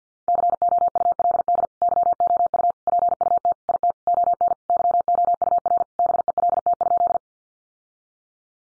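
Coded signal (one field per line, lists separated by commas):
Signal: Morse code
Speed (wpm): 50 wpm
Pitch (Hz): 700 Hz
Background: none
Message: COULD YOU PUT IT ON YOUR BELT?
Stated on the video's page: Morse code head-copy practice of sentences from the top 1400 words at 50 wpm, sent before and after speech.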